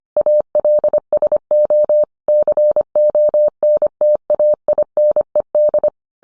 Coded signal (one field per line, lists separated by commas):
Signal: Morse code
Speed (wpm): 25 wpm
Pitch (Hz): 600 Hz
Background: none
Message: ALSO CONTAINED